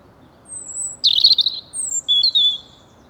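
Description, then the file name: European robin song phrase: a long thin high whistle, then a rapid jumble of high trills and sliding notes. "Erithacus rubecula"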